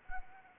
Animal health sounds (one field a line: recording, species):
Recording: mosquito wingbeat signal from an infrared sensor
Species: Anopheles arabiensis